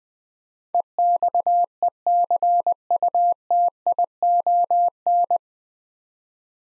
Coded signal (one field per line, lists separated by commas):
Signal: Morse code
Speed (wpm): 20 wpm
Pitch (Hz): 700 Hz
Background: none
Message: EXECUTION